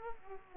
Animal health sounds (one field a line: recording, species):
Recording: mosquito wingbeat signal from an infrared sensor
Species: Aedes aegypti